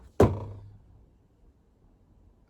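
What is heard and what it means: A retaining pin is pushed into a CAA RONI carbine conversion kit to lock an M9 airsoft pistol in place. A single loud thunk lands at 0.2 s, with a low ring that fades out over the next half second before the clip goes quiet. The pin is pushed home and seated.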